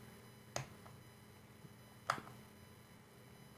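Tweezers press a miniature antenna coax plug onto its socket on a drone board while installing a 4 Hawks Raptor SR range extender on an Autel Evo / Evo 2. A sharp tap sounds at 0.6 s, then the plug clicks on at 2.1 s with a faint follow-up tick. The connector is seated.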